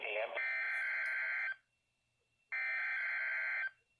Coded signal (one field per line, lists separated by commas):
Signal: Emergency Alert System (SAME) tones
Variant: header bursts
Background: speech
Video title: NOAA WEATHER RADIO: Required Weekly Test 8/26/20 (EAS #98)